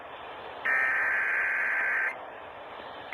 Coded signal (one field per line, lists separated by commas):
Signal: Emergency Alert System (SAME) tones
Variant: header bursts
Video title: EAS #832 Severe Thunderstorm Warning on WLAC